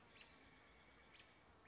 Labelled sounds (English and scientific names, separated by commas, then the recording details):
American Robin (Turdus migratorius)
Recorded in Sonoma County, California